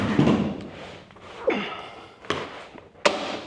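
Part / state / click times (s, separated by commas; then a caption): plastic duct spigot into flexible ventilation duct / seated / 3.1 s. A plastic SmartFlow Spigot SFS-125 fitting is pushed into a flexible ventilation duct from the side for extra leverage, with rustling handling noise and sharp knocks near 1.5 s and 2.3 s. A loud, crisp click at 3.1 s marks the spigot seating home in the duct.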